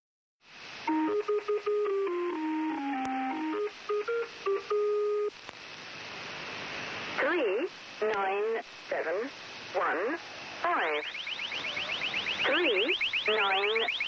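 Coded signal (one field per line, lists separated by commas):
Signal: numbers station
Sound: stepped tone melody, then short spoken words under fast, repeating, rising warbling jamming chirps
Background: radio static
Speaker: sometimes these transmissions are jammed by folks with no appreciation whatsoever for a good batch of numbers.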